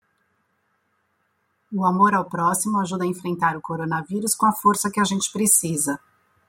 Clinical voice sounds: spoken sentence; Brazilian Portuguese; female; 50 to 59 years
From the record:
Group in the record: control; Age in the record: 51 years

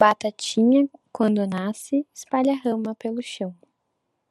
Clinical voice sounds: short text; Brazilian Portuguese; female; 20 to 29 years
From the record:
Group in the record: control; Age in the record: 24 years

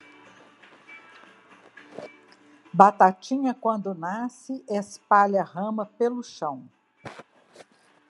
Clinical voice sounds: short text; Brazilian Portuguese; female; 60 to 69 years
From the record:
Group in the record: control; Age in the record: 65 years

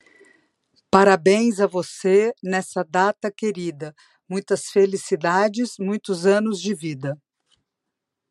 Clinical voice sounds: short text; Brazilian Portuguese; female; 50 to 59 years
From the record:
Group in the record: control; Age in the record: 57 years

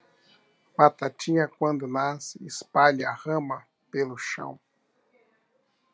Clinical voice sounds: short text; Brazilian Portuguese; male; 50 to 59 years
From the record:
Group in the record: control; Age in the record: 56 years

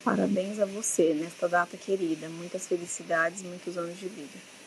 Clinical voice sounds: short text; Brazilian Portuguese; female; 30 to 39 years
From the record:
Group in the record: control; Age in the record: 32 years

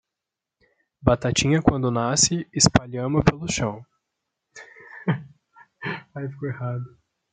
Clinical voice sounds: short text; Brazilian Portuguese; male; 20 to 29 years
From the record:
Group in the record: control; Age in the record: 25 years

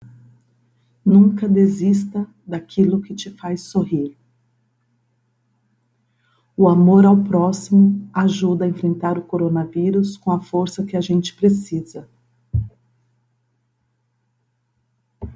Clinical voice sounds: spoken sentence; Brazilian Portuguese; female; 50 to 59 years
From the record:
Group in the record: control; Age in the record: 51 years

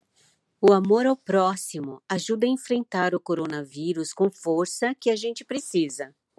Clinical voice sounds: spoken sentence; Brazilian Portuguese; female; 60 to 69 years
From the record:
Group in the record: control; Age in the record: 62 years

